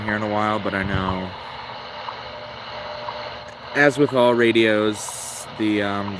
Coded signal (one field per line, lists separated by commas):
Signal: radio time signal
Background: speech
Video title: Saturday Morning Shortwave Radio Tuning and More!